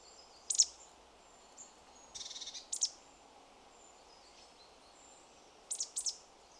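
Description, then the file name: Marsh tit calling with high, sharp chip notes, a brief buzzy stuttering run in the middle, then a closing pair of chips, against soft background noise. "Poecile palustris"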